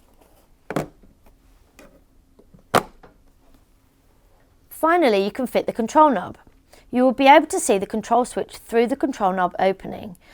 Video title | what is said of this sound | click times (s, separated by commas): Karcher On/Off Switch Problems? - Electrical Assembly Replaced! | remember to align the flat sides so that they can lock into place | 2.8 s